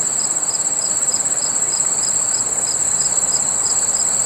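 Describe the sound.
Crickets calling: a steady, very high continuous trill with a lower pulsed chirp repeating several times a second throughout, over a faint background hiss.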